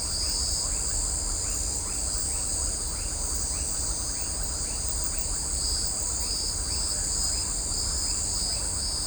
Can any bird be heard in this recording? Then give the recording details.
no. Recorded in shrubland near Pivijay, Magdalena, Colombia, on 3 June 2023 at 19:30. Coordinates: 10.453, -74.365. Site P5-G022